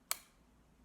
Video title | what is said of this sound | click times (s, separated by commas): Handheld console collection 2019 ❤️ Pokemon 🥰 | off and then to get it on if it's kind of slide down and they do make a satisfying click | 0.1 s